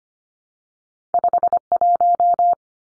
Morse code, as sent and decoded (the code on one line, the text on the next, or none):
..... .----
51